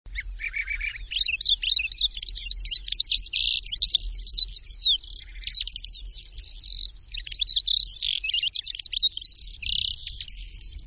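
Bird song, a fast, continuous chatter of high twittering notes, trills and sweeping whistles with hardly a pause throughout.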